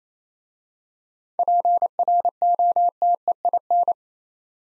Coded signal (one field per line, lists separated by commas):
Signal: Morse code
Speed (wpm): 29 wpm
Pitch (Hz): 700 Hz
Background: none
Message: PROTEIN